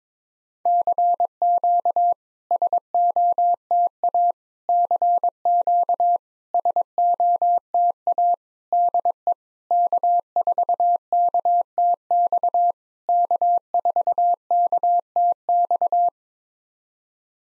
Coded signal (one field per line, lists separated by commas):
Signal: Morse code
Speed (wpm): 22 wpm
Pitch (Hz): 700 Hz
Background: none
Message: CQ SOTA CQ SOTA DE K4KTX K4KTX